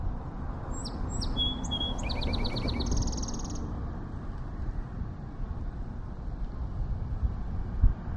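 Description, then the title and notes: Song sparrow singing at the start: clipped opening notes, a held note, a quick stuttering trill and a buzzy ending, then only low background hum. Singing in a yard along Etolin Street on the morning of 15 April 2012, trading songs with another Song Sparrow across the street. "Song Sparrows getting in to it along Etolin Street. trading songs with another one across the street"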